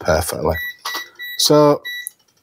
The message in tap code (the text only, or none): none